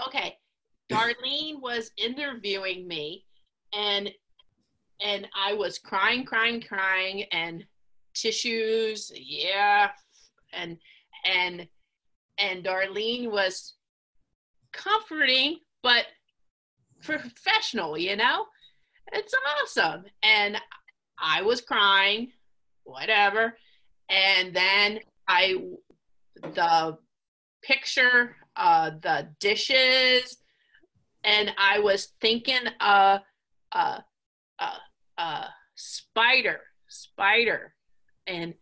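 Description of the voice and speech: Halting speech by an adult woman, a stroke survivor living with aphasia, with long pauses, repeated 'and' and repeated words such as 'crying' and 'spider', as she recalls crying during her intake interview.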